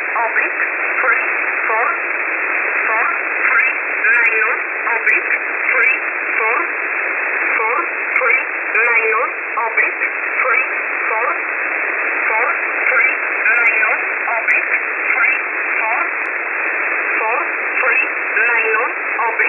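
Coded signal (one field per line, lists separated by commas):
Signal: numbers station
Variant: E11 Oblique, English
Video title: 16 02 2023 Numbers station E11 Oblique in English to Eu in USB mode 0820 on 5149 Warsaw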